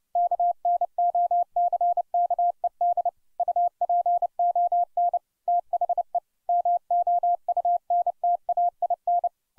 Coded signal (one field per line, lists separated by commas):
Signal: Morse code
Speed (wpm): 30 wpm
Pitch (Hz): 700 Hz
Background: none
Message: KNOCKED UPON THE MOUNTAIN